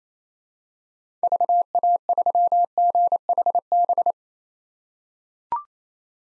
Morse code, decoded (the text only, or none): VA3GHB